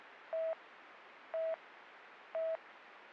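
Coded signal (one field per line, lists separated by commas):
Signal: none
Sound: police radio channel beeps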